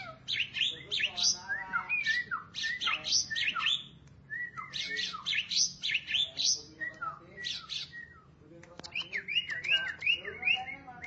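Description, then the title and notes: Starling song, a rapid varied medley of harsh chattering bursts, buzzy notes and sliding whistles, broken by short pauses, ending in a run of wavering whistled phrases. "suara burung jalak"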